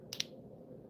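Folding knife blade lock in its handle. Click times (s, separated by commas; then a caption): 0.1 s, 0.2 s. A Tactical Chupacabra folding knife with a MagnaCut blade and an aluminum handle is flicked open. Two sharp, bright clicks sound at 0.1 s and 0.2 s over a low background hum. The blade lock engages with the extra little click, which is called awesome.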